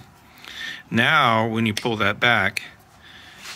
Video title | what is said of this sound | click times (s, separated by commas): Thermos Alta Slide Lock Lid Disassembly | snap it into place and it you should hear snap probably there it is | 0.5 s